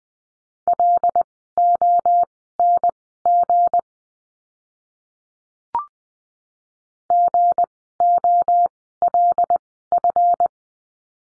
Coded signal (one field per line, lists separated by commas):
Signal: Morse code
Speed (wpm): 20 wpm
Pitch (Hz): 700 Hz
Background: none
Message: LONG GOLF